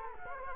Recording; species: mosquito wingbeat signal from an infrared sensor; Culex quinquefasciatus